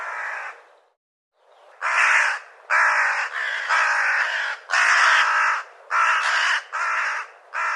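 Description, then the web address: Bird calling with a loud series of harsh, grating caws, roughly one per second after a brief pause near the start. "cianscape birddata Deverinetal"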